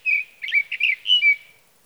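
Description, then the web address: Sage thrasher giving a brief burst of song: a whistled note, then several quick warbled phrases ending in two clear whistled notes. "birdsongforthecurious Sage Thrasher"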